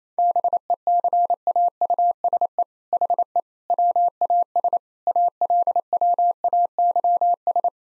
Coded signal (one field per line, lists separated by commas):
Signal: Morse code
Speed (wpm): 27 wpm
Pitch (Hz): 700 Hz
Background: none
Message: BECAUSE HE WAS ALWAYS